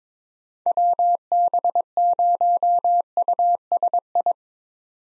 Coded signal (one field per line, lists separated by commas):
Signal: Morse code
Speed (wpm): 22 wpm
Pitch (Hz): 700 Hz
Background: none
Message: WB0USI